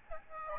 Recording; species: mosquito wingbeat signal from an infrared sensor; Aedes albopictus